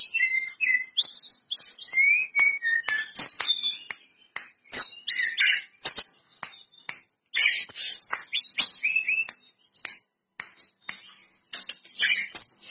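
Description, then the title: Lesser Shortwing singing in varied bursts of high, squeaky, rapid notes and slurred whistles, separated by short gaps, with sharp clicks throughout. Singing actively (gacor). "Burung Tledekan Gacor"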